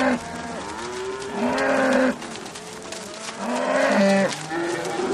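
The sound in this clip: Cow mooing: several low, harmonic moos, two of them louder and drawn out near the second and fourth seconds.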